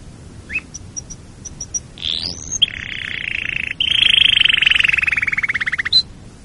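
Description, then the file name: Canary singing: high ticks, a rising slurred note, then extended rapid trills, the last one louder and slowly falling. "canarysong omkicau"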